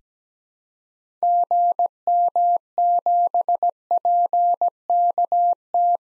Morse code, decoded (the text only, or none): GM7PKT